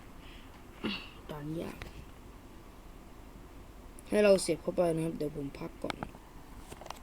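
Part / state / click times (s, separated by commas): power cable plug into the back of a game console / seated / 6.9 s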